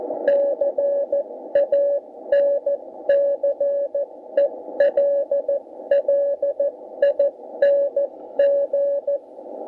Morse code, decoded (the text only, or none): CANCELLING